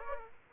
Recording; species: mosquito wingbeat signal from an infrared sensor; Aedes aegypti